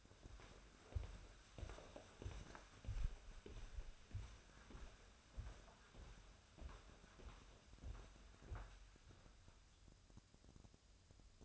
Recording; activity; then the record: daily activity, microphone in the room; walk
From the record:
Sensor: 2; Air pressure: 1015.2 hPa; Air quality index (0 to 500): 114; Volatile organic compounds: 3 ppm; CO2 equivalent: 1464 ppm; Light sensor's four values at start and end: 13/36/14/16 and 13/35/14/16